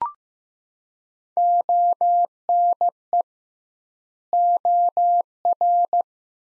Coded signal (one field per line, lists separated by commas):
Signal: Morse code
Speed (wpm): 15 wpm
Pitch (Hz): 700 Hz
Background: none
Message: ONE OR